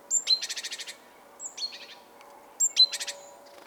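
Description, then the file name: Great tit churring call: a high note followed by a rapid buzzy rattle, given three times, with a faint low hum beneath. "Parus major"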